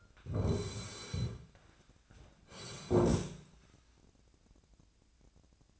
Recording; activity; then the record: daily activity, microphone in the room; sit down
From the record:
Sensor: 2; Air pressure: 1009.1 hPa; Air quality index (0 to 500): 172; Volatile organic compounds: 2 ppm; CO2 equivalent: 1260 ppm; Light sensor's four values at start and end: 35/92/39/41 and 31/82/35/37